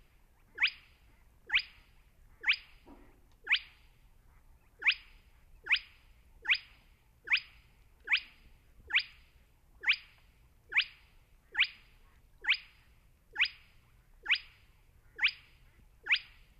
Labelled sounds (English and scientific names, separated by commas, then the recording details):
Spotted Crake (Porzana porzana)
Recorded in the wild
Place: Schwedt/Oder, Nationalpark Unteres Odertal, Brandenburg, DE
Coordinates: 53.1386, 14.3655
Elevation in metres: 1
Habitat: wetland
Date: 2015-04-22 21:56
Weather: clear, 6°C, almost windless
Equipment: Sound Devices 702, Sennheiser MKH 70, Rycote Windschutz
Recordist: Frommolt, Karl-Heinz
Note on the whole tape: Polder 10, zwischen Welsensee und Unteren Welse: Rufe eines Tüpfelsumphuhnes. Von dem Tier wurde auch eine Langzeitaufnahme erstellt